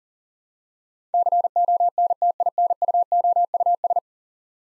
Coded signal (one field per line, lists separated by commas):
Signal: Morse code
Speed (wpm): 40 wpm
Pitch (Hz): 700 Hz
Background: none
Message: CONTINUOUS